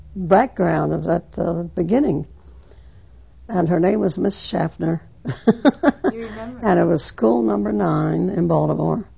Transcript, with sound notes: background, of that beginning. And her name was Miss Shafner. ( she laughs )
And you remember it.
And it was School Number 9 in Baltimore,